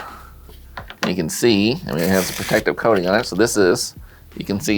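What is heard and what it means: Pushing down at a small indent on a rugged plastic Poetic Spartan phone case for the iPhone 14 Pro Max unclips the front frame piece, which pops off the back shell with sharp clicks at 0.8 s and 0.9 s. Someone then talks for the rest of the clip.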